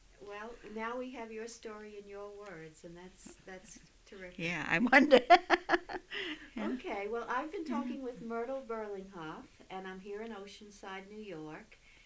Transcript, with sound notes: Well, now we have your story in your words, and that's, that's terrific.
Yeah, I wondered. ( she laughs )
Okay. Well, I've been talking with Myrtle Berlinghoff, and I'm here in Oceanside, New York.